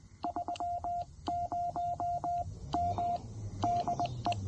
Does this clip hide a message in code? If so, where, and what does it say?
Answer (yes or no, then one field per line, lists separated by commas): yes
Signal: Morse code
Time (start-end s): 0.2-4.3 s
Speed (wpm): 20 wpm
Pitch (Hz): 700 Hz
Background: none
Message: 30 M DE